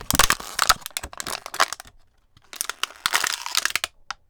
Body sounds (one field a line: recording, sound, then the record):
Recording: sound for misophonia research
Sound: plastic crumpling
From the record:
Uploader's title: CrumplingPlastic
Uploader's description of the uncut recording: Crumpling Plastic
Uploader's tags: Plastic, Container, Crumpling